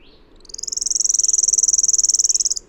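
Bird producing a high, rattling trill of quick, even pulses, fading in softly and continuing for roughly two seconds before it stops.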